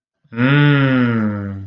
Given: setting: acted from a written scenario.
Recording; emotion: vocal sound without words; romantic love